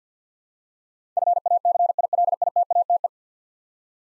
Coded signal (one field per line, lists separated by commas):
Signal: Morse code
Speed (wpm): 53 wpm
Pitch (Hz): 700 Hz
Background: none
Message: FACILITATE